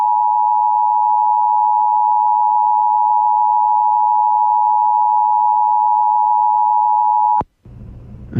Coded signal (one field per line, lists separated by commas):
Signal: Emergency Alert System (SAME) tones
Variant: 853 and 960 Hz attention tone